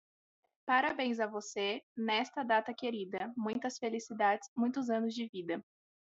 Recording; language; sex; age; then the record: short text; Brazilian Portuguese; female; 20 to 29 years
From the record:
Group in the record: control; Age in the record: 21 years